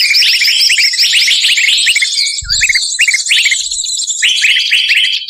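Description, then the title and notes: Birds produce a constant stream of quick, high chirps and slurred whistles, many overlapping, briefly thinning midway before resuming. Compilation of bird lure calls used to attract stubborn, hard-to-approach birds. "Suara Burung Bandel Yang Susah Mendekati. Kompilasi Suara Pikat Burung"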